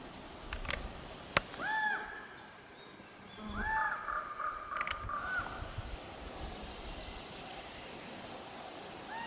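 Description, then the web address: Common raven calls: a hollow arched call near two seconds, then a few quicker ringing notes, with sharp knocking clicks and a steady background hiss. "linnut korpit"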